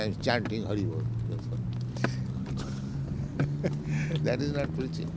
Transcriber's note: laughs